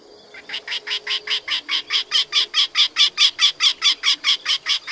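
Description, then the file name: Eurasian wryneck giving a steady, rapid series of nasal, ringing notes, growing louder after a soft start. "Krętogłów"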